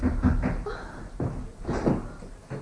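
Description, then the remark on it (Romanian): A door is opened with a series of wooden clunks and rattles, several short knocking thuds spread over a few seconds, moderately loud, with no one speaking. “Deschideți ușa.”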